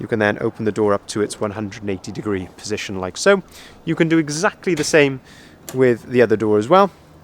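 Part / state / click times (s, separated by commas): rear barn door latching into the van body/opposite door / not seated / none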